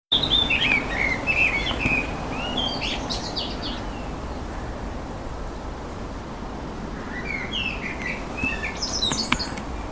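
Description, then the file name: Eurasian blackcap singing a quick descending warble at the start and another jumbled phrase near the end, with constant low background rumble between. "Sylvia atricapilla"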